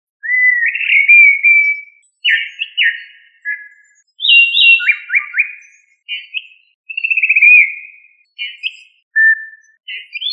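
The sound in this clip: Thrush singing a varied string of fluty whistled phrases, some sliding, some rapidly trilled, with brief gaps between them.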